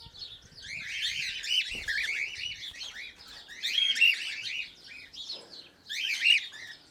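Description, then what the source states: Cockatiel calling loudly in harsh, buzzy, warbling bursts with quieter gaps between them. Pearl colour variety cockatiel.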